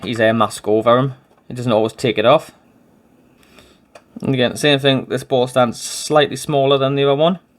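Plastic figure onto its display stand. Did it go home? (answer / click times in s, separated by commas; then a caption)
no / none. Someone talks while handling a plastic chibi figure and its small ball-shaped display stand, which is slightly smaller than the other one. A few faint ticks come during a quiet pause around 3.4 to 4.0 seconds. The figure has not yet snapped into the stand, and nothing has seated or clicked yet.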